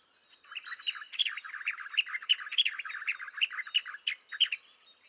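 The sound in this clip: White-browed bulbul song, a fast bubbling chatter of jumbled notes tumbling up and down, lasting about four seconds.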